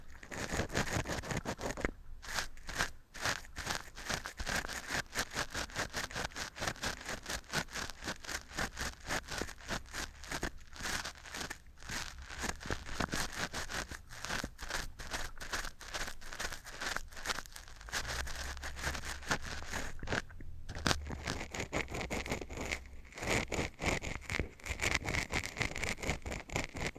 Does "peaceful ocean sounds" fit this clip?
no